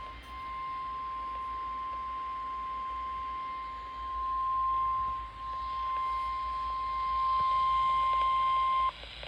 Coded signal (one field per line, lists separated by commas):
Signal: Emergency Alert System (SAME) tones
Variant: 1050 Hz attention tone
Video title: XYLONXD Direct 2.7.2026 | EAS #36-47